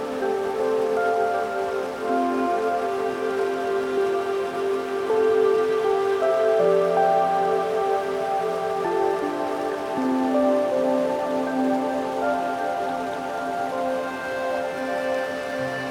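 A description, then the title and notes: Soft, relaxing music of long held tones drifts over a steady rushing wash of waterfall. The sustained notes shift slowly, changing around six, nine and twelve seconds, while the water's hiss stays even and unbroken throughout. Echoes Of A Wonderful Waterfall & Relaxing Music. Picture a cascading waterfall descending with a graceful power, sending glistening droplets into the air.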